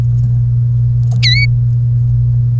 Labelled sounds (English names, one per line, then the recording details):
Domestic Canary song
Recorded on 1 May 2018 at 14:53
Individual llb3